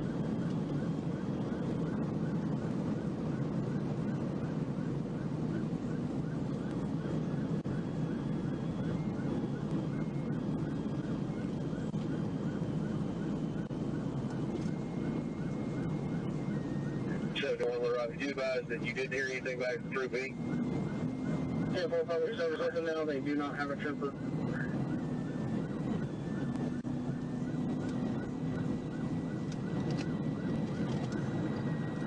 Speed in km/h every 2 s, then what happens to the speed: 216, 212, 208, 208, 208, 212, 208, 206, 195, 180, 188, 185, 185, 188, 190, 169.
0-17 slows to 180. 17-28 steady at about 185. 28-32 brakes to 169.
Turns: none.